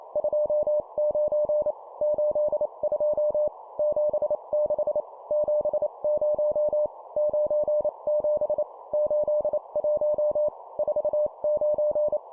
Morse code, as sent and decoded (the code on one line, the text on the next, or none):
..--- ----. / ---.. ..--- / --... -.... / --... ----- / ----. --... / ---.. .---- / ....- ----.
29 82 76 70 97 81 49